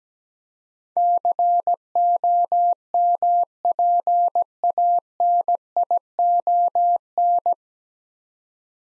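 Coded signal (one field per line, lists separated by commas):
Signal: Morse code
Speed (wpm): 17 wpm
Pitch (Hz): 700 Hz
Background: none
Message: COMPANION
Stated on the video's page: Morse practice drill at 17 wpm building 9-letter words three letters at a time, for instant character recognition.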